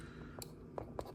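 A hand is pushed by hand onto the wrist peg or ball joint of an Iron Factory IF-EX70 Drill of Amduscias plastic figure. A faint tick at 0.4 s is followed by two short, sharp clicks at 0.8 s and 1.0 s as the hand pops on and seats.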